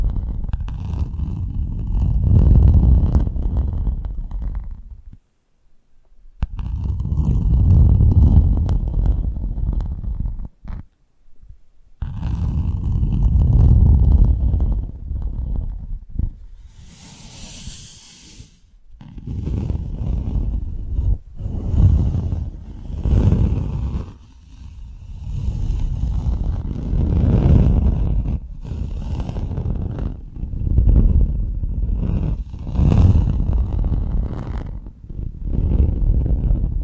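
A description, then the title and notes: Ear picking with props: low, muffled rubbing and scraping in repeated bursts, broken by brief silences and a short airy hiss near seventeen seconds. 3D panoramic ear picking with various props.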